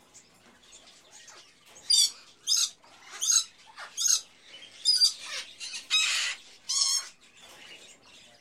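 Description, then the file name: Various birds calling together, a run of loud harsh chattering bursts in the middle, over softer background chirps. Various birds in a pet shop, ambience. "Sound Ideas 2000 Series - Birds, Various Birds In A Pet Shop, Ambience"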